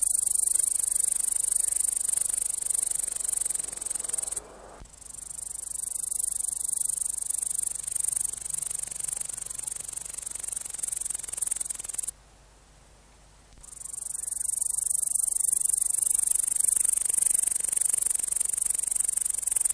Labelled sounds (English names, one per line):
Upland Green Bush-cricket stridulation